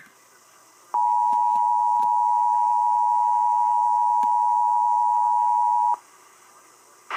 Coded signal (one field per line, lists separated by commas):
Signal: Emergency Alert System (SAME) tones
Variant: 853 and 960 Hz attention tone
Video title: EAS 640 FLW for Pitt NC